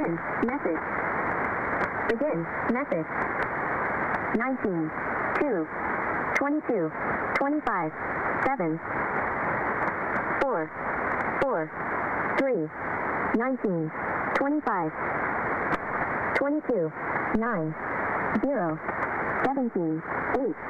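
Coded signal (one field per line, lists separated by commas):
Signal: numbers station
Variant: Greensleeves, female synthesized voice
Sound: female synthetic voice reads 'begin message', then evenly spaced numbers through shortwave hiss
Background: radio static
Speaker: this is the manifesto of wbny one of the better known shortwave pirate stations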